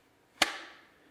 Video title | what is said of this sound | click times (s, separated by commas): Kydex Holster for Glocks - Volunteer Holster Co | did you hear that click so that audible click and this thing is is very is very form fitting but | 0.4 s